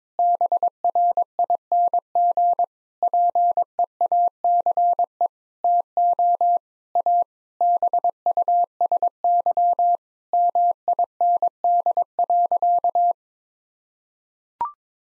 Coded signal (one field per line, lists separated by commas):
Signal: Morse code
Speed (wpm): 22 wpm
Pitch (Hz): 700 Hz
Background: none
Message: BRING PEACE TO A BUSY MIND.